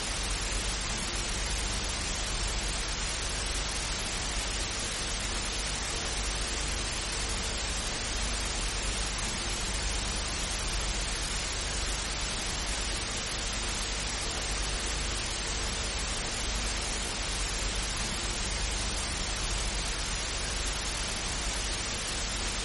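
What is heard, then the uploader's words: Television static hisses without pause, a dense, even rush of noise that spans from a low rumble up to a bright, sizzling top. Its level holds perfectly steady for the whole stretch, with no breaks, events or other sounds rising above it. TV No Signal Static White Noise.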